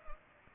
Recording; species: mosquito wingbeat signal from an infrared sensor; Culex pipiens